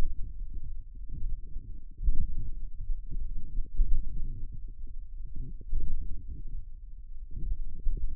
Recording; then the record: forearm muscle sounds (acoustic myography)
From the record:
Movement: radial deviation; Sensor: system 1, eight BSWA MPA416 microphones around the upper forearm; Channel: 8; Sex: male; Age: 42 years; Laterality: right